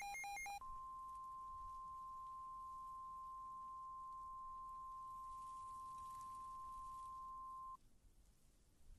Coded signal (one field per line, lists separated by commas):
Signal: Emergency Alert System (SAME) tones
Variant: 1050 Hz attention tone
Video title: EAS Scenario - Close Call